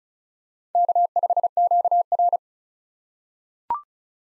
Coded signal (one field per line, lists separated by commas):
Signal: Morse code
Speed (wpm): 34 wpm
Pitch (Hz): 700 Hz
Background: none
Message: K5QR